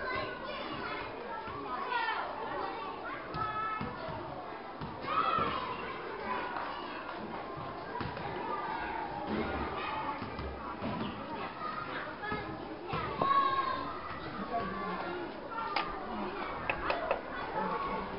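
Children play and chatter nearby in a school courtyard, a dense, steady babble of young voices with shouts and high calls rising every few seconds, the sharpest near the middle and around thirteen seconds. Occasional thuds and footsteps punctuate the lively, echoing crowd.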